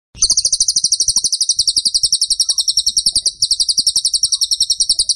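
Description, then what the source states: Bird singing a long, high, rattling trill of fast repeated notes with a brief dip midway. Masteran (song-training) recording of a bird described as gacor (singing vigorously) with tembakan (rapid bursts) style.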